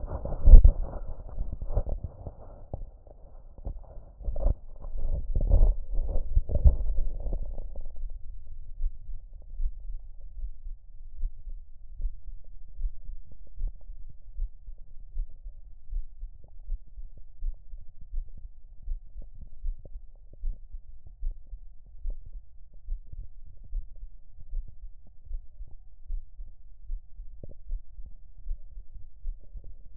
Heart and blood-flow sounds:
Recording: heart sounds by stethoscope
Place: tricuspid valve (TV)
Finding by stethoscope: normal heart sounds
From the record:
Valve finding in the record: tricuspid regurgitation, grade 1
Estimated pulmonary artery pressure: 35 mmHg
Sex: female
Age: 54 years

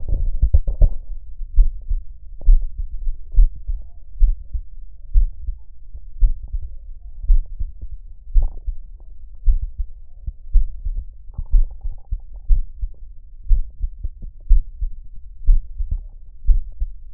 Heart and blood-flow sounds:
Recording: heart sounds by stethoscope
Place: tricuspid valve (TV)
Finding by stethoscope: normal heart sounds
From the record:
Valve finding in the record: tricuspid regurgitation, grade 0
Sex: male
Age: 38 years

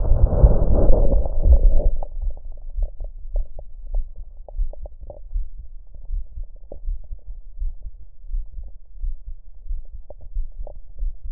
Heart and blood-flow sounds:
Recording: heart sounds by stethoscope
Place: tricuspid valve (TV)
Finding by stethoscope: normal heart sounds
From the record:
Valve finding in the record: tricuspid regurgitation, grade 1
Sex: male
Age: 56 years

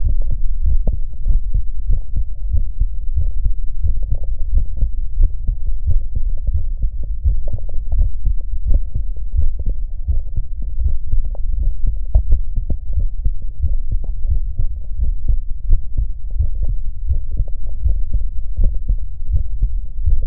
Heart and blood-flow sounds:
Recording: heart sounds by stethoscope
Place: tricuspid valve (TV)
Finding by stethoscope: normal heart sounds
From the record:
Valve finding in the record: tricuspid regurgitation, grade 1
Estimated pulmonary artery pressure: 30 mmHg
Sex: male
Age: 52 years

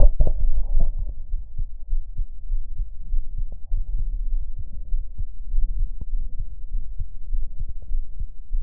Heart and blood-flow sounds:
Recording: heart sounds by stethoscope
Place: aortic valve (AV)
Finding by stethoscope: normal heart sounds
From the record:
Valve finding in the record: sclerotic aortic valve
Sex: male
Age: 49 years

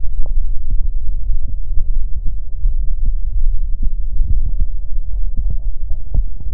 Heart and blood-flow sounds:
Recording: heart sounds by stethoscope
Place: pulmonary valve (PV)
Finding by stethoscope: normal heart sounds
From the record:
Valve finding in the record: normal valve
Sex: female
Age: 40 years

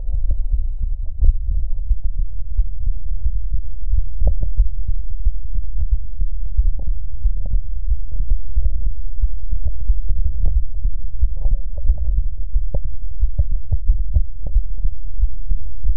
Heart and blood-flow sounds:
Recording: heart sounds by stethoscope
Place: tricuspid valve (TV)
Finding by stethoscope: normal heart sounds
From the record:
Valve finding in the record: normal valve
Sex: male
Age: 63 years

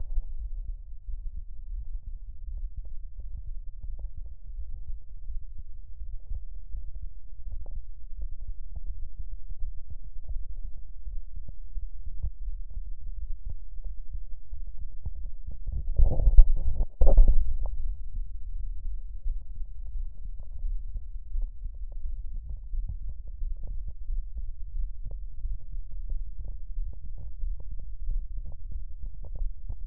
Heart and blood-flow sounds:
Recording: heart sounds by stethoscope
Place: tricuspid valve (TV)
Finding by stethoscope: normal heart sounds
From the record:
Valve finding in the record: normal valve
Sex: male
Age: 43 years

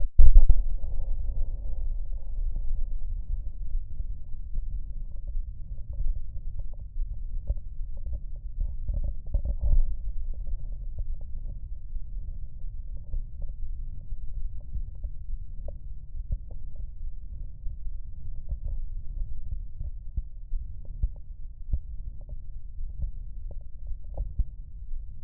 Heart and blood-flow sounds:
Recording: heart sounds by stethoscope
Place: aortic valve (AV)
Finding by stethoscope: ejection systolic murmur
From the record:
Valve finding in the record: aortic regurgitation, grade 1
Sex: female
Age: 60 years

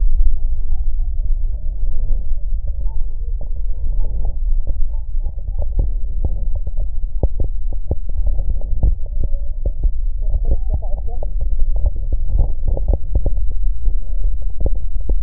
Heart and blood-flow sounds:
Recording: heart sounds by stethoscope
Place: mitral valve (MV)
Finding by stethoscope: normal heart sounds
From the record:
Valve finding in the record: normal valve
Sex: male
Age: 65 years

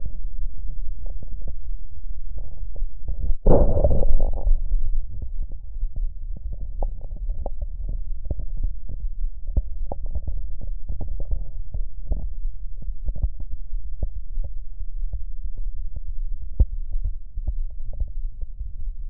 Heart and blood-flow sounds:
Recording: heart sounds by stethoscope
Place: mitral valve (MV)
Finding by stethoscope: normal heart sounds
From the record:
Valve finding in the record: normal valve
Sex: male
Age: 48 years

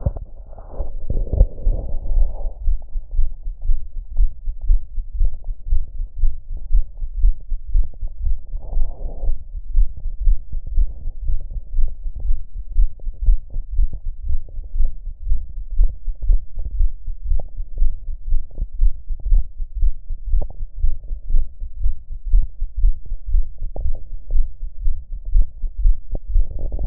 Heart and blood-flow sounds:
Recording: heart sounds by stethoscope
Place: pulmonary valve (PV)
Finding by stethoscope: normal heart sounds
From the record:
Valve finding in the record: normal valve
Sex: female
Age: 47 years

